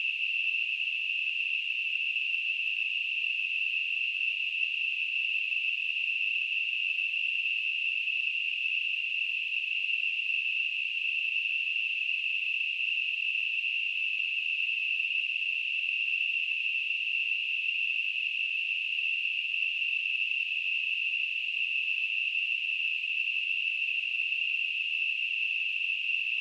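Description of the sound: Simulated tinnitus: a steady, continuous, high-pitched narrowband hiss centred near 3 kHz, unchanging in pitch and loudness throughout.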